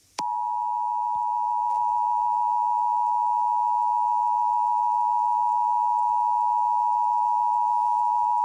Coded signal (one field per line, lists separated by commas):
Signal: Emergency Alert System (SAME) tones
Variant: 853 and 960 Hz attention tone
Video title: Open Box (EAS Scenario)